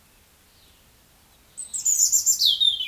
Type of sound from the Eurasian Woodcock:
croak